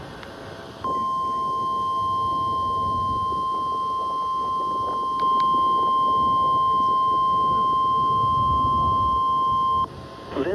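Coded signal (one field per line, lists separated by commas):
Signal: Emergency Alert System (SAME) tones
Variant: 1050 Hz attention tone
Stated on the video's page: Wednesday weekly tests of the Emergency Alert System.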